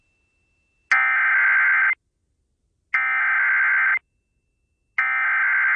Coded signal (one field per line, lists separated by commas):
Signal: Emergency Alert System (SAME) tones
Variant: header bursts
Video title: US Emergency Alert Systems 2026 (part 10) (CONTAINS VALID TONES!) - 6-21-26